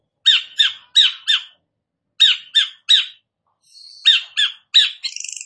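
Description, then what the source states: Long-tailed shrike giving harsh, squawking notes in groups of three or four, with short pauses between groups, ending in a buzzy rattle. Bird described as 'gacor', meaning singing vigorously.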